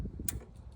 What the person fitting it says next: You heard that click?